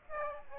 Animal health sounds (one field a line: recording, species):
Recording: mosquito wingbeat signal from an infrared sensor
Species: Aedes aegypti